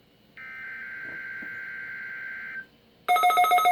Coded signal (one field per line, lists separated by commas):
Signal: Emergency Alert System (SAME) tones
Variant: header bursts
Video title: Required Weekly Tests With Fails! (EAS #171 - #172)